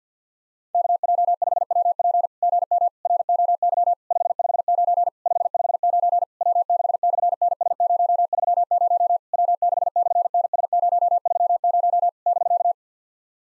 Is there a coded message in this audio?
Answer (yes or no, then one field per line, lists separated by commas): yes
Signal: Morse code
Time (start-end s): 0.7-12.7 s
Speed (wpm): 48 wpm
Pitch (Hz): 690 Hz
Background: none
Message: KJ5WP GM ROY 559 559 W6/NS030 W6/NS030 <BK>